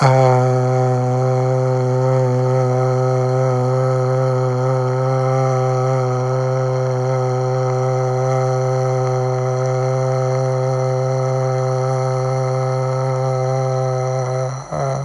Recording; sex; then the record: sustained vowel /a/; male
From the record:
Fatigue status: no fatigue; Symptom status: symptomatic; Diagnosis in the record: COVID-19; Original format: m4a